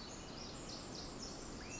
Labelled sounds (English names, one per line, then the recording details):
Pacific Wren
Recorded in Sonoma County, California